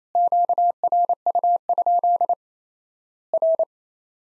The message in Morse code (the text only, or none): QRU? R